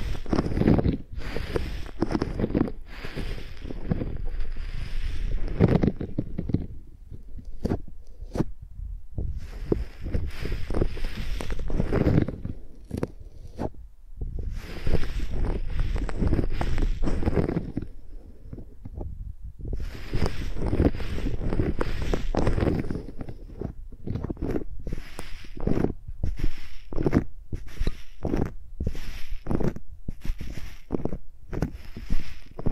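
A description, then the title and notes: A microphone is dragged and scribbled like a pencil, making rough, dense scraping and rubbing strokes in bursts, with brief pauses between passages. Using Mics as Pencils (No Talking).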